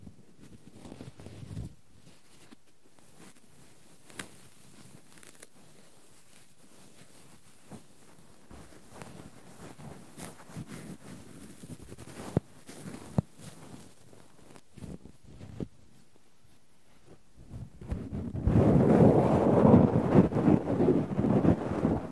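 Cotton being handled with tweezers gives soft, scratchy rustles and small clicks, mostly quiet and sparse with scattered sharper taps. Near the end, from about 18 seconds, the sound becomes louder and denser, a continuous muffled rubbing and crackling.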